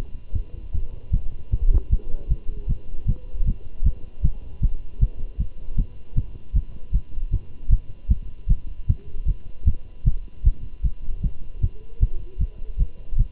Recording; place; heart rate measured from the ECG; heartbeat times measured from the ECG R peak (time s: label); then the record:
heart sounds by stethoscope; between the tricuspid and mitral areas; 154 bpm
0.35 s: heartbeat
0.74 s: heartbeat
1.13 s: heartbeat
1.52 s: heartbeat
1.92 s: heartbeat
2.30 s: heartbeat
2.69 s: heartbeat
3.08 s: heartbeat
3.47 s: heartbeat
3.85 s: heartbeat
4.24 s: heartbeat
4.63 s: heartbeat
5.01 s: heartbeat
5.40 s: heartbeat
5.78 s: heartbeat
6.17 s: heartbeat
6.55 s: heartbeat
6.94 s: heartbeat
7.33 s: heartbeat
7.71 s: heartbeat
8.10 s: heartbeat
8.50 s: heartbeat
8.89 s: heartbeat
9.28 s: heartbeat
9.67 s: heartbeat
10.06 s: heartbeat
10.46 s: heartbeat
10.84 s: heartbeat
11.23 s: heartbeat
11.63 s: heartbeat
12.01 s: heartbeat
12.40 s: heartbeat
12.79 s: heartbeat
13.19 s: heartbeat
From the record:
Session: Bruce protocol treadmill stress test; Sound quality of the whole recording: good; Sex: male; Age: 25 years